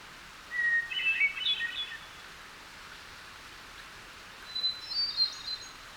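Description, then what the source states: Hermit Thrush song, a fluty phrase opening on a held whistle and breaking into a quick ethereal flourish, then a second phrase at a higher pitch after a pause. Singing bird seen perched on a low limb in a hemlock tree, near a small waterfall, in the morning during a delayed spring.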